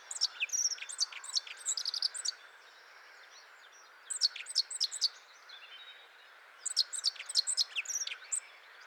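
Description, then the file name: Eurasian blackcap song, three bursts of rapid, high, varied chirping notes, with quiet pauses between them. "Sylvia atricapilla"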